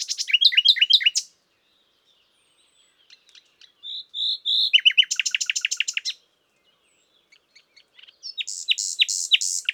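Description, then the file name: Common nightingale song with a loud burst of rapid repeated notes, a pause, clear whistles and a dense trill, then another loud burst. "Luscinia megarhynchos"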